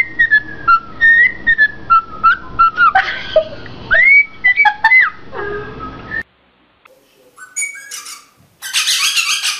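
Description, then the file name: Rosella whistling a series of falling and rising notes, some short and slurred, then a quiet gap and a few sharp, noisy calls. "Canto da Rosela"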